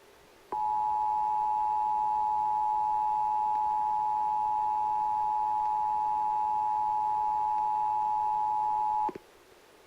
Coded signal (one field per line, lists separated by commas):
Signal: Emergency Alert System (SAME) tones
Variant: 853 and 960 Hz attention tone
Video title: [EAS #8] Required Monthly Test on 93.1 FM KFBK